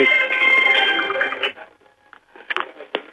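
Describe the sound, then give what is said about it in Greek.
A mobile phone rings with a bright, electronic ringtone melody for about a second and a half, then cuts off, leaving a few faint, brief clicks and rustles. “Συγγνώμη για τις παρεμβάσεις, είναι το κινητό που χτυπάει συνέχεια.”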